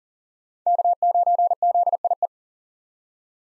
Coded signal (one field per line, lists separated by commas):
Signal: Morse code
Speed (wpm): 40 wpm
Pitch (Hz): 700 Hz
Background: none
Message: K9ZIE